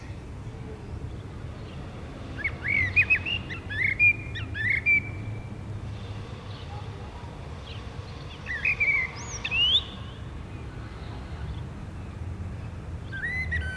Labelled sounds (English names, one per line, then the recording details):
Common Blackbird song
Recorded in the wild
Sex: male
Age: adult
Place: Bielefeld-Mitte, Nordrhein-Westfalen, DE
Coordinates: 52.0081, 8.59806
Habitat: residential district
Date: 1972-05-17
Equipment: Uher 4200 Report Stereo, Bändchenmikro Beyer M 260, Parabolspiegel Polyester (600 mm)
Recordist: Conrads, Klaus
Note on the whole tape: Bielefeld, Am Stiel 1. Männchen auf dem Haus: Gesang, Menschenpfiff-Imitation